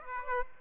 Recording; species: mosquito wingbeat signal from an infrared sensor; Aedes aegypti